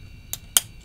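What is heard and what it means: A folding knife is opened and closed to check for lock stick, and the lock bar releases from the blade tang. Three sharp clicks sound at about 0.3, 0.6 and 0.9 seconds over a faint background hum. The loudest, at 0.6 seconds, is the sticky lock popping free.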